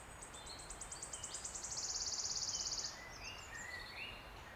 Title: Sound Escape 16: listen to the cascade of wood warbler song in an ancient oak wood